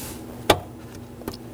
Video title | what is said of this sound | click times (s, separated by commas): How to Replace High Beam Bulbs 2013-2019 Nissan Sentra | Make sure you hear that click, | 0.5 s